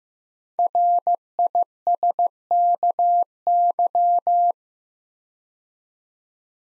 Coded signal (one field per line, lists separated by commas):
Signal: Morse code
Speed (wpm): 15 wpm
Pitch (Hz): 700 Hz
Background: none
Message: RISKY